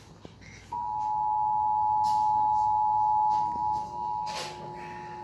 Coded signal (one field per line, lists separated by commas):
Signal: Emergency Alert System (SAME) tones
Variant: 853 and 960 Hz attention tone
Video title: EAS #9566 Child Abduction Emergency CAE San Diego CA